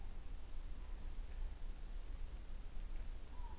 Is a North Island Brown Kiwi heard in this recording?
no